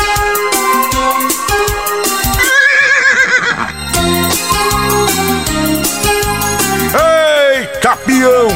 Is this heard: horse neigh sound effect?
yes